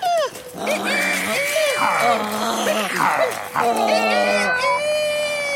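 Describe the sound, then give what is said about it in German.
A voice imitates an animal's growl in a loud, continuous run of snarling, throaty sounds whose pitch rises and falls, with brief yipping swoops and no pauses. “Angst machen, das kann ich. Ich kann knurren.”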